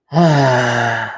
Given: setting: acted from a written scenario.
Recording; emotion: vocal sound without words; relief